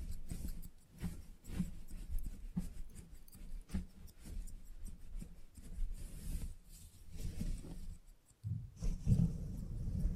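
A salon haircut and head massage: soft, uneven rubbing and brushing with a deep, muffled body, interrupted by short sharp clicks and snips scattered throughout. The sound briefly drops away just before the eighth second, then returns with heavier rubbing to the end.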